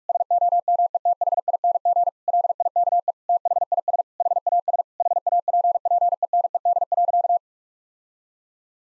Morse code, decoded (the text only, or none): SOMETHING LIKE THIS HAS HAPPENED.